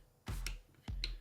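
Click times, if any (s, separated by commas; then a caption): 1.0 s. A trigger pin is pushed by hand through a pistol frame and an aluminum trigger shoe. Two pairs of short sounds come at about 0.3 and 0.5 s and again at 0.9 s, followed by a sharp click at 1.0 s. The pin clicks home and is seated.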